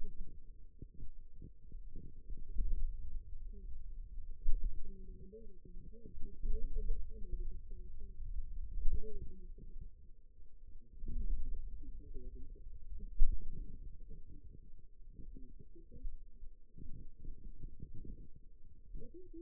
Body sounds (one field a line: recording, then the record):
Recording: forearm muscle sounds (acoustic myography)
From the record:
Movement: pen grasping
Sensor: system 2, bracelet of six BSWA MPA416 microphones around the upper forearm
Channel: 3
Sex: female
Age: 21 years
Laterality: right